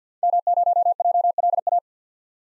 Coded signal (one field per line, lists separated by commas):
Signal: Morse code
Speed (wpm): 50 wpm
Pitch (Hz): 700 Hz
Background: none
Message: M0JLA